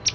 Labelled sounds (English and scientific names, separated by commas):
Palm Warbler (Setophaga palmarum) flight call